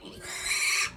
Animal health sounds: pig call; piglet (1 to 25 days)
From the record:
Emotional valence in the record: negative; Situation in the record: castration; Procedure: castration, fixation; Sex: male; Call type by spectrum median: high-frequency call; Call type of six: mixed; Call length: 0.96 s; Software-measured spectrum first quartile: 2193 Hz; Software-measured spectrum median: 3738 Hz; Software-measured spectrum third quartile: 6297 Hz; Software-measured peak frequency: 2347 Hz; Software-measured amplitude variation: 108 dB a second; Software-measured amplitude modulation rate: 20.3 a second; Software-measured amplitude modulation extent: 5.3 dB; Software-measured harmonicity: 2.0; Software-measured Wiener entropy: -1.93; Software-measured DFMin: 1267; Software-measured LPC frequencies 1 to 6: 1177, 2270, 4086, 5748, 7260, 8098 Hz

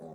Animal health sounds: pig call; piglet (1 to 25 days)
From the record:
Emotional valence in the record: negative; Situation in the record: long isolation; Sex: female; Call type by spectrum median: low-frequency call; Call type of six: low-frequency stable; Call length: 0.15 s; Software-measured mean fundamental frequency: 51 Hz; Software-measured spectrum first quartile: 248 Hz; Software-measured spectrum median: 424 Hz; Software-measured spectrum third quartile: 621 Hz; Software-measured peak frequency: 569 Hz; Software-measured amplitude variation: 38 dB a second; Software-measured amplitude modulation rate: 16.4 a second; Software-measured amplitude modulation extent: 2.3 dB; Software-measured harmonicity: 0.4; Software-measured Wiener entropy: 0.24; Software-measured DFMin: 1619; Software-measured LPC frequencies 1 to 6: 527, 3781, 6074, 6618, 7593, 8393 Hz

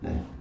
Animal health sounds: pig call; growing-finishing pig (85 days or more)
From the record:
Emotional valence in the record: negative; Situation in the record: barren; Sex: female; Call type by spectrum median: low-frequency call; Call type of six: low-frequency stable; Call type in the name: low-frequency stable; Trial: 1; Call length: 0.41 s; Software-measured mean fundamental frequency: 55 Hz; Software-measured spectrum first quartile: 89 Hz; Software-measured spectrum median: 191 Hz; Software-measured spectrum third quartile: 370 Hz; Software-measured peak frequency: 86 Hz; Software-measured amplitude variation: 151 dB a second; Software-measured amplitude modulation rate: 21.9 a second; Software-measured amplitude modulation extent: 6.9 dB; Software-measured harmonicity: -2.5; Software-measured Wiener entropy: -0.08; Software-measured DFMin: 961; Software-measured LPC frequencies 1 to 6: 1711, 2638, 3739, 5011, 5852, 6562 Hz

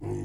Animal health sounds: pig call; weaner (32 to 43 days)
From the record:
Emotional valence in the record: negative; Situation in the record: negative conditioning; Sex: female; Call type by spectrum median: low-frequency call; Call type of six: low-frequency stable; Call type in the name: low-frequency stable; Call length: 0.25 s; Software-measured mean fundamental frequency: 57 Hz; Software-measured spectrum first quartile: 116 Hz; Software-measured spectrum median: 258 Hz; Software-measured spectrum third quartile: 396 Hz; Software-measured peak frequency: 346 Hz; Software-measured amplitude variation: 102 dB a second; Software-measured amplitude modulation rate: 28.0 a second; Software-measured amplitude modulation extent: 3.7 dB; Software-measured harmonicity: 0.3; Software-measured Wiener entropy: -0.18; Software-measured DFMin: 752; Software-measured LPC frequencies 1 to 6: 336, 840, 1954, 2585, 4976, 6290 Hz

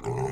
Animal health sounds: pig call; weaner (32 to 43 days)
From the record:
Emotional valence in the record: negative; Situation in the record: short isolation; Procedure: open field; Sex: female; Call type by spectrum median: low-frequency call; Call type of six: low-frequency modulated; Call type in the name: low-frequency modulated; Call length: 0.32 s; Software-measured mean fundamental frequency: 58 Hz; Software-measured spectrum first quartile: 185 Hz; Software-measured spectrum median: 398 Hz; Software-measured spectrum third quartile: 782 Hz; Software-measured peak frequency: 403 Hz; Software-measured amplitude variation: 112 dB a second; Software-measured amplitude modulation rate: 26.4 a second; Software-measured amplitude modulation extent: 4.3 dB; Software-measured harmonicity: -0.5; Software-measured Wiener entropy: -0.75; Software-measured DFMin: 930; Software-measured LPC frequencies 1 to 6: 403, 885, 1956, 4036, 4933, 6346 Hz

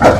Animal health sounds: pig call; growing-finishing pig (85 days or more)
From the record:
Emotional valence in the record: positive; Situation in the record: run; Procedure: transit

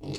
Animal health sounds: pig call; weaner (32 to 43 days)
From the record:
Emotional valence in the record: negative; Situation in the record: long isolation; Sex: female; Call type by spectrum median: low-frequency call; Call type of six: high-frequency modulated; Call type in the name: high-frequency modulated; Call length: 0.19 s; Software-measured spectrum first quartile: 245 Hz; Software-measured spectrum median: 639 Hz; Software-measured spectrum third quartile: 3871 Hz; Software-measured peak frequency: 304 Hz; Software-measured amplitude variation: 99 dB a second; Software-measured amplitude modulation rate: 23.2 a second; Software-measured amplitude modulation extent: 4.3 dB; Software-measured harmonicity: 4.2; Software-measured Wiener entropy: -3.78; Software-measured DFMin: 1116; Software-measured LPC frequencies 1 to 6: 357, 2719, 3640, 4317, 5474, 6370 Hz

